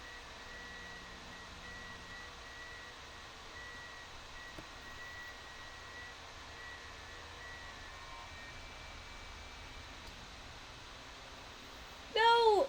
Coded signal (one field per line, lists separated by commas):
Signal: FT8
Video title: CQ or Pounce: an FT8 Experiment!